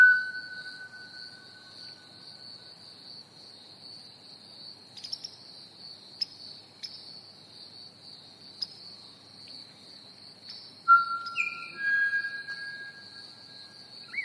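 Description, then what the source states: Pied butcherbird giving clear, fluty whistled notes at the start and again near the end, some held and others stepping in pitch, over a steady high cricket trill with scattered clicks. Recorded with crickets chirping.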